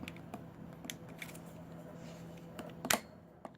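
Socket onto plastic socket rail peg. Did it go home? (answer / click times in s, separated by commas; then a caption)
no / none. A 1/2 inch socket is slid down onto a plastic peg on a Kobalt socket tray fitted with Pittsburgh pegs, and a series of light, scattered ticks and taps is heard, with the loudest sharp tap near 2.9 seconds. The socket does not snap into place; nothing has seated or clicked, and it just sits loose on the peg, held on only by gravity.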